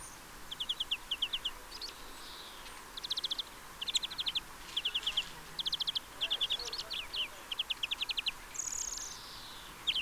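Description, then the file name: European greenfinch: finch-like twittering in repeated short trilled bursts, with a brief thin wheeze near the end, over steady background noise. "Chloris chloris"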